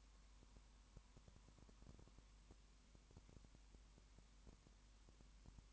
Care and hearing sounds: daily activity, microphone in the room; no activity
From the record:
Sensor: 1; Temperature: 19.2 degrees Celsius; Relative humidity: 37.8%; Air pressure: 1001.1 hPa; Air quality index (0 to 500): 197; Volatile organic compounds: 7 ppm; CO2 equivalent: 1995 ppm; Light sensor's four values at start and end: 1/2/1/1 and 1/2/1/1

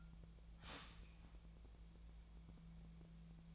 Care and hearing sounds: daily activity, microphone in the room; start toaster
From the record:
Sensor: 1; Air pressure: 1009.4 hPa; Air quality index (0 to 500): 196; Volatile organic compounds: 20 ppm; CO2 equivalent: 2681 ppm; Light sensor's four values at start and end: 28/71/29/35 and 28/71/29/35

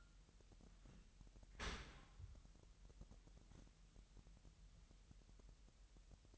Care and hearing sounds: daily activity, microphone in the room; open dishwasher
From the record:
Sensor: 3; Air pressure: 998.3 hPa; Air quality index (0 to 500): 148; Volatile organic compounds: 5 ppm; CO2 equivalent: 1778 ppm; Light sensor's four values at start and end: 13/39/16/14 and 13/39/16/14

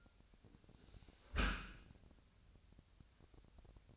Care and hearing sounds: daily activity, microphone in the room; close dishwasher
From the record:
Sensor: 2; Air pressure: 1006.6 hPa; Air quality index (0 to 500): 203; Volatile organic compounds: 15 ppm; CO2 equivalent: 2485 ppm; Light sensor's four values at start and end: 9/21/9/9 and 9/21/9/9

